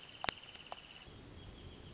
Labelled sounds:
Wrentit (Chamaea fasciata)
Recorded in Sonoma County, California

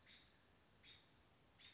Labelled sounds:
American Robin (Turdus migratorius)
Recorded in Sonoma County, California

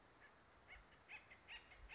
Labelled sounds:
Acorn Woodpecker (Melanerpes formicivorus)
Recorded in Sonoma County, California

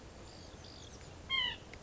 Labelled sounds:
White-breasted Nuthatch (Sitta carolinensis)
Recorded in Sonoma County, California

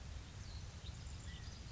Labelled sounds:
California Quail (Callipepla californica)
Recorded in Sonoma County, California

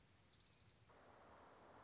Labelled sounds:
Orange-crowned Warbler (Leiothlypis celata)
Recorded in Sonoma County, California

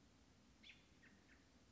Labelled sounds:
American Robin (Turdus migratorius)
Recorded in Sonoma County, California

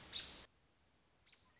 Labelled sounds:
American Robin (Turdus migratorius)
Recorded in Sonoma County, California

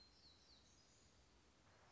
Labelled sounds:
Black-throated Gray Warbler (Setophaga nigrescens)
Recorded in Sonoma County, California

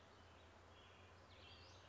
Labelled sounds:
Western Flycatcher (Empidonax difficilis)
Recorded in Sonoma County, California

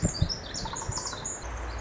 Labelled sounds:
Pacific Wren (Troglodytes pacificus)
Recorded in Sonoma County, California

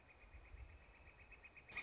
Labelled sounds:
Northern Flicker (Colaptes auratus)
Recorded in Sonoma County, California

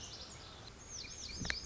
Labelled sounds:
Lazuli Bunting (Passerina amoena)
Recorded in Sonoma County, California

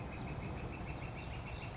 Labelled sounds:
Northern Flicker (Colaptes auratus)
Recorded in Sonoma County, California

